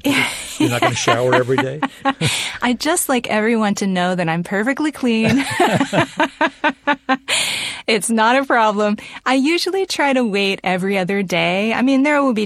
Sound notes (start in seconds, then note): 2.0 laughter; 5.2 laughter